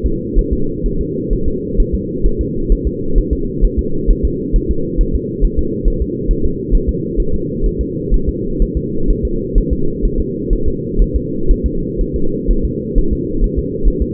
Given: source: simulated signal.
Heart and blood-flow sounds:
fetal heart sounds
0.06 s: S2
0.39 s: S1
0.53 s: S2
0.86 s: S1
1.01 s: S2
1.33 s: S1
1.48 s: S2
1.80 s: S1
1.95 s: S2
2.26 s: S1
2.41 s: S2
2.72 s: S1
2.87 s: S2
3.18 s: S1
3.33 s: S2
3.65 s: S1
3.79 s: S2
4.10 s: S1
4.25 s: S2
4.56 s: S1
4.71 s: S2
5.01 s: S1
5.15 s: S2
5.45 s: S1
5.59 s: S2
5.88 s: S1
6.02 s: S2
6.31 s: S1
6.46 s: S2
6.75 s: S1
6.89 s: S2
7.20 s: S1
7.34 s: S2
7.66 s: S1
7.81 s: S2
8.14 s: S1
8.29 s: S2
8.62 s: S1
8.77 s: S2
9.10 s: S1
9.25 s: S2
9.58 s: S1
9.73 s: S2
10.05 s: S1
10.20 s: S2
10.53 s: S1
10.68 s: S2
11.02 s: S1
11.16 s: S2
11.51 s: S1
11.66 s: S2
12.01 s: S1
12.16 s: S2
12.51 s: S1
12.65 s: S2
12.98 s: S1
13.13 s: S2
13.44 s: S1
13.59 s: S2
13.88 s: S1
14.02 s: S2
From the record:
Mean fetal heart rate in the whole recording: 130 bpm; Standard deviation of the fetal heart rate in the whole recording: 4 bpm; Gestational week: 38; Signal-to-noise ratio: -8.1 dB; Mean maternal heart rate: 72 bpm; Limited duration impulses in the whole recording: absent

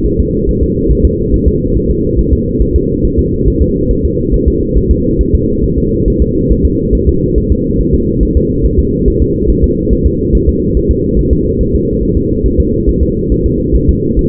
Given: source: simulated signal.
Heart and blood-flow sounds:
fetal heart sounds
0.06 s: S1
0.20 s: S2
0.49 s: S1
0.63 s: S2
0.91 s: S1
1.05 s: S2
1.34 s: S1
1.48 s: S2
1.76 s: S1
1.90 s: S2
2.19 s: S1
2.33 s: S2
2.62 s: S1
2.76 s: S2
3.05 s: S1
3.19 s: S2
3.48 s: S1
3.62 s: S2
3.91 s: S1
4.05 s: S2
4.34 s: S1
4.48 s: S2
4.77 s: S1
4.91 s: S2
5.21 s: S1
5.35 s: S2
5.64 s: S1
5.78 s: S2
6.08 s: S1
6.22 s: S2
6.51 s: S1
6.65 s: S2
6.95 s: S1
7.09 s: S2
7.38 s: S1
7.52 s: S2
7.80 s: S1
7.94 s: S2
8.23 s: S1
8.37 s: S2
8.65 s: S1
8.79 s: S2
9.08 s: S1
9.22 s: S2
9.50 s: S1
9.64 s: S2
9.93 s: S1
10.06 s: S2
10.35 s: S1
10.49 s: S2
10.77 s: S1
10.91 s: S2
11.19 s: S1
11.33 s: S2
11.61 s: S1
11.75 s: S2
12.03 s: S1
12.17 s: S2
12.46 s: S1
12.60 s: S2
12.89 s: S1
13.03 s: S2
13.32 s: S1
13.46 s: S2
13.75 s: S1
13.89 s: S2
14.19 s: S1
From the record:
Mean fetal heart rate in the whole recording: 140 bpm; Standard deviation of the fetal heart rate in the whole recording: 2 bpm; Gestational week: 34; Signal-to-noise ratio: -10.2 dB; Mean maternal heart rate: 72 bpm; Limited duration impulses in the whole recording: present

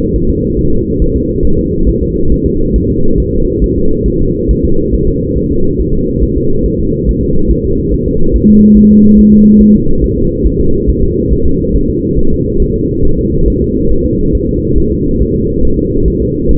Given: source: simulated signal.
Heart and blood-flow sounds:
fetal heart sounds
0.16 s: S1
0.30 s: S2
0.59 s: S1
0.73 s: S2
1.02 s: S1
1.16 s: S2
1.45 s: S1
1.59 s: S2
1.89 s: S1
2.03 s: S2
2.32 s: S1
2.46 s: S2
2.76 s: S1
2.90 s: S2
3.20 s: S1
3.34 s: S2
3.64 s: S1
3.78 s: S2
4.08 s: S1
4.22 s: S2
4.51 s: S1
4.65 s: S2
4.94 s: S1
5.08 s: S2
5.38 s: S1
5.52 s: S2
5.81 s: S1
5.94 s: S2
6.23 s: S1
6.37 s: S2
6.66 s: S1
6.80 s: S2
7.09 s: S1
7.23 s: S2
7.51 s: S1
7.65 s: S2
7.94 s: S1
8.08 s: S2
8.36 s: S1
8.50 s: S2
8.78 s: S1
8.92 s: S2
9.19 s: S1
9.33 s: S2
9.62 s: S1
9.75 s: S2
10.04 s: S1
10.18 s: S2
10.47 s: S1
10.61 s: S2
10.90 s: S1
11.03 s: S2
11.33 s: S1
11.47 s: S2
11.76 s: S1
11.90 s: S2
12.19 s: S1
12.33 s: S2
12.62 s: S1
12.76 s: S2
13.05 s: S1
13.19 s: S2
13.48 s: S1
13.62 s: S2
13.92 s: S1
14.06 s: S2
14.35 s: S1
14.49 s: S2
14.78 s: S1
14.92 s: S2
15.22 s: S1
15.36 s: S2
15.65 s: S1
15.79 s: S2
16.08 s: S1
16.22 s: S2
16.51 s: S1
From the record:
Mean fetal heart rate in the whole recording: 140 bpm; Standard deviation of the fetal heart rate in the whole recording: 2 bpm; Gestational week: 34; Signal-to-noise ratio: -17.7 dB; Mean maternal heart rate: 72 bpm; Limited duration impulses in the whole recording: present

